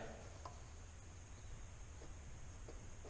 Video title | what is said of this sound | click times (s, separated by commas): Kanjo Civic Chronicles part 3: First drive in almost a year! | pops right in. And now we got our blocked off PCV. | 0.5 s